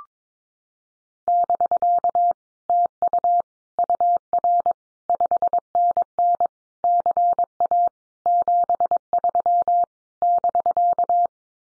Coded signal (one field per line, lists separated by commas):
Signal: Morse code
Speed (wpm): 22 wpm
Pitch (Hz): 700 Hz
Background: none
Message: <BK> TU UR 5NN CA 73 <BK>